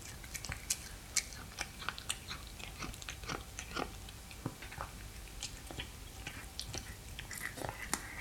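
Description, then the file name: Cat eating: irregular wet chewing, soft crunches and small clicks scattered over a quiet background hiss. Cat eating fish. "Digiffects Sound Effects Library - Cat Eating Fish"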